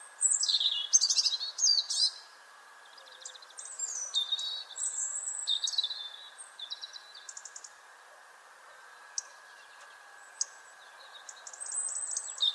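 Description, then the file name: European robin song: high, thin, varied phrases of sweet whistles and fast trills in quick bursts, then a quieter pause with single clicks before singing resumes; steady hiss behind. "Erithacus rubecula"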